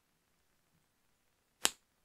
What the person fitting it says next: voilà il faut juste être bien en face de la pression et ça clipse tout seul